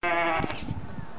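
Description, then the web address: Sheep bleating, a single harmonic, slightly wavering bleat lasting under half a second, followed by low rumbling background noise. "aso-bit 2018 sheep"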